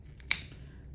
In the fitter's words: so let's just lower that in there and we're gonna you're gonna hear your click sound satisfying